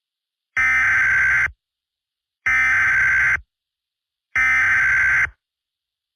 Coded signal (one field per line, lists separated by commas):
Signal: Emergency Alert System (SAME) tones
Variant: header bursts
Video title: KANSAS KHAOS: an EAS scenario